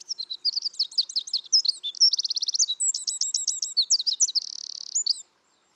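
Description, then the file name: Eurasian wren song, a loud, high-pitched cascade of fast trills and rattles lasting about five seconds, ending in an even buzzing trill, with no other sounds. "Troglodytes troglodytes"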